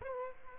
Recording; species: mosquito wingbeat signal from an infrared sensor; Aedes aegypti